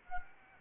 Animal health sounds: mosquito wingbeat signal from an infrared sensor; Anopheles gambiae

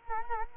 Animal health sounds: mosquito wingbeat signal from an infrared sensor; Culex quinquefasciatus

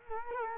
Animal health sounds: mosquito wingbeat signal from an infrared sensor; Culex quinquefasciatus

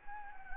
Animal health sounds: mosquito wingbeat signal from an infrared sensor; Anopheles gambiae

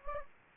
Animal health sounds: mosquito wingbeat signal from an infrared sensor; Anopheles gambiae

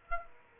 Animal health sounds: mosquito wingbeat signal from an infrared sensor; Aedes aegypti

